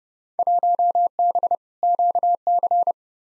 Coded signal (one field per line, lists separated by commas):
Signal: Morse code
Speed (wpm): 30 wpm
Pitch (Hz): 700 Hz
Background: none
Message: 1B QC